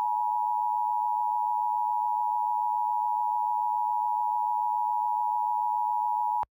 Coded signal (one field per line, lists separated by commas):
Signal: Emergency Alert System (SAME) tones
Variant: 853 and 960 Hz attention tone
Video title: EAS Scenario: Mars Collision